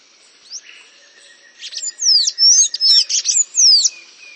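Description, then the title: Bird song, a quick run of bright, sharply rising and falling whistles and twittering notes building to loud trilled phrases over a faint steady high tone. "LuckyPassaro Completos2Sama"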